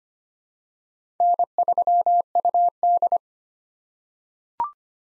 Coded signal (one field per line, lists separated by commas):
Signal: Morse code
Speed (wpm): 25 wpm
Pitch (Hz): 700 Hz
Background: none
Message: N3UD